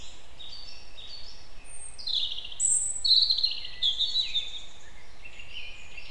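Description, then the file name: European robin giving a squeaky phrase, then bright high trills and warbles, ending in softer notes; faint background hiss. "Erithacus rubecula"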